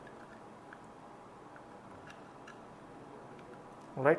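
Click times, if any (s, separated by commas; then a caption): none. A PCIe cable connector is handled near an IDE adapter, with someone talking briefly and faint ticks and handling noise, rising to a louder burst of contact at the very end. Nothing has seated or clicked into the adapter yet.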